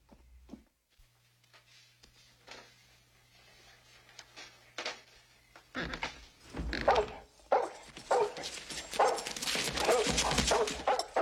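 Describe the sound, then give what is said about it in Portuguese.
A dog yips and whimpers, starting with sparse, soft cries and building into a dense, loud burst of excited barking, high-pitched whines and scuffling noises in the second half. “Seu cachorro idiota!”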